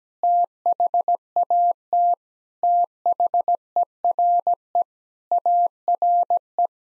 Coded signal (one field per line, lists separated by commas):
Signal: Morse code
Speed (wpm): 17 wpm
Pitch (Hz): 700 Hz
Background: none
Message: THAT THERE ARE